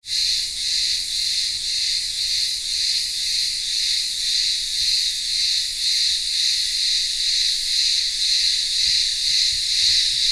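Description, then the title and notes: Harsh, high cicada buzzing starts at once and continues unbroken, gently pulsing about two times each second. Several cicadas singing in midday heat in a village town square on the remote island of Ikaria, Greece. "Cicadas in the midday Greek heat. Greek village in the remote island of Ikaria. Town square - cicadas in the midday heat and maybe some distant voices of villagers"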